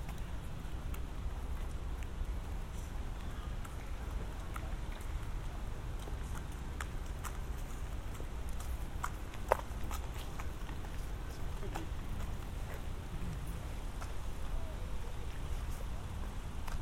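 A walk through Central Park, with a steady low rumble of traffic running underneath the whole time. Sharp clicks and taps, like hooves or footsteps, recur every second or so. A loud snap lands near ten seconds, and faint voices drift through.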